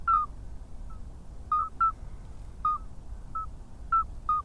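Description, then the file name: Midwife toad calls: short, pure whistled notes, single or in quick pairs, repeated irregularly, over a low rumbling background. "Alytes"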